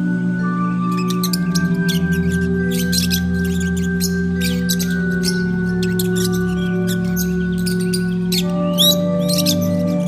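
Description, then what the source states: Lovebirds giving rapid, shrill squeaks and chirps in irregular bursts, over a steady droning hum. Lovebirds, used for audio therapy.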